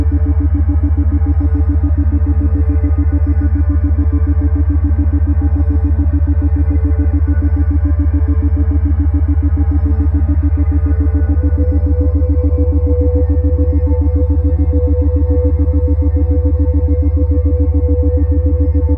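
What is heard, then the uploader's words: Steady isochronic tones: a deep, constant hum with rapid, evenly pulsing mid tones above it, unchanging throughout, no other sounds. Third Eye Opener - Binaural Beats - Isochronic Tones.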